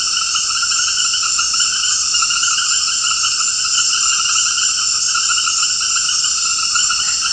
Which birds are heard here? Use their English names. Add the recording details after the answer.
none. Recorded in dense forest near Puerto Asís, Putumayo, Colombia, on 18 February 2024 at 20:00. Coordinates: 0.472, -76.329. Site G6394